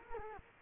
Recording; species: mosquito wingbeat signal from an infrared sensor; Culex quinquefasciatus